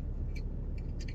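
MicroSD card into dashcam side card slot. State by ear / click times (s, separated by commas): not seated / none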